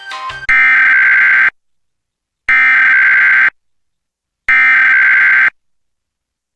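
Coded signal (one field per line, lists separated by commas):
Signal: Emergency Alert System (SAME) tones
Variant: header bursts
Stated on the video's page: Mock flash flood emergency alert using valid EAS tones; simulated, not a real broadcast.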